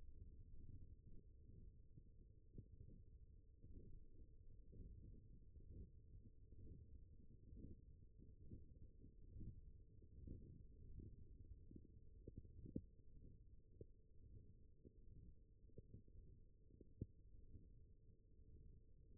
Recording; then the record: forearm muscle sounds (acoustic myography)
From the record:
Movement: wrist flexion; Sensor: system 1, eight BSWA MPA416 microphones around the upper forearm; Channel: 3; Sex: male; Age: 21 years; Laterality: right